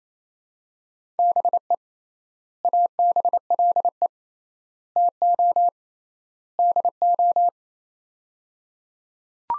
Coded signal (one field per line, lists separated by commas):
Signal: Morse code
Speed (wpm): 28 wpm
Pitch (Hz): 700 Hz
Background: none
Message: BE ABLE TO DO